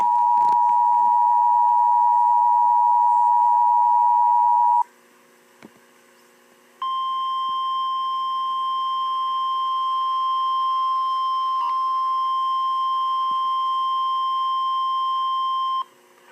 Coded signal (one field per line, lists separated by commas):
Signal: Emergency Alert System (SAME) tones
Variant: 853 and 960 Hz attention tone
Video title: EAS 536 Wilmington RWT